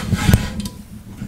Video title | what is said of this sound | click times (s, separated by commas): Ein gescheitertes Projekt brachte mich zu dieser Säge...ein Werkzeug fürs Leben! | Das ist sehr praktisch, die Aufhängung. Das rastet ein, da geht es kein Spiel. | 0.3 s